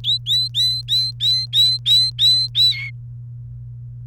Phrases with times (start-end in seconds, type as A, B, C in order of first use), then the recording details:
0.04-2.91 A. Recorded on 28 April 2018 at 16:23. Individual llb3